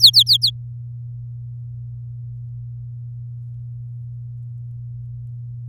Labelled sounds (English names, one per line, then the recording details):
Domestic Canary song
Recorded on 8 May 2018 at 05:48
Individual llb16